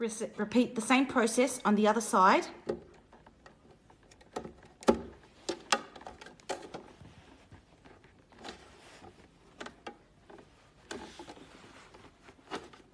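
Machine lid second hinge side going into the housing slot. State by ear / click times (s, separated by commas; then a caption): not seated / none. Someone talks at the start while working the second hinge side of a plastic Ultramat machine lid toward its slot in the housing, prying the gap with a wide flathead screwdriver and pressing gently on the lid. Short sharp taps and scrapes follow from about 4.4 to 5.7 s and again near 10.9 s, but the lid has not snapped home yet by the end of the clip.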